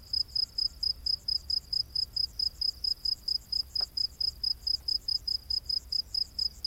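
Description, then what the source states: Cricket chirping in a steady, rapid, high-pitched pulse. Crickets chirping at night in humid rainforest.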